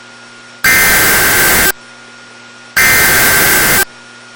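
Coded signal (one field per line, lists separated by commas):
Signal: Emergency Alert System (SAME) tones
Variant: header bursts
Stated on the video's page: Real alerts: Severe Thunderstorm Warning and Flash Flood Warning.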